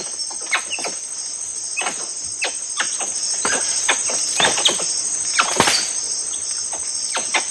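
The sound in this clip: Tufted capuchin calls, sparse sharp chirps over a loud unbroken insect buzz.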